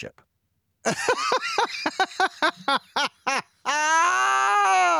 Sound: laughter